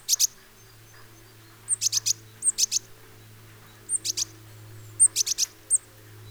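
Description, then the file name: Great tit calling in bursts of two to four sharp, high chips, most preceded by a brief thin whistle, groups coming at irregular intervals. "Parus major"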